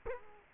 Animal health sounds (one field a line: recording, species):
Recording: mosquito wingbeat signal from an infrared sensor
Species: Culex quinquefasciatus